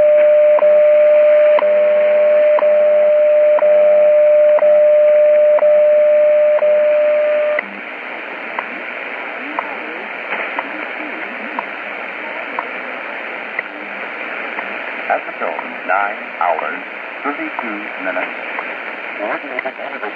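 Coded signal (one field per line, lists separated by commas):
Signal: radio time signal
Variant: WWV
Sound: steady mid tone broken by short ticks each second, then hissy static with faint ticks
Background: radio static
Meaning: Each tick marks one second; the steady tone is WWV's hourly audio tone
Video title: Shortwave Radio: WWV - Time Signal Station - 5000khz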